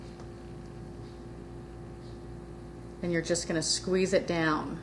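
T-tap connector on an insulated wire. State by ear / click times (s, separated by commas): not seated / none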